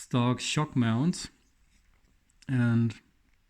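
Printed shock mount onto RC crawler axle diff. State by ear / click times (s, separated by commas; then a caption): not seated / none. A 3D-printed plastic shock mount for an SCX24 micro RC crawler is handled against the axle diff and the stock shock mounts while someone talks. Nothing has seated or clicked yet; the clip ends just before the mount snaps home.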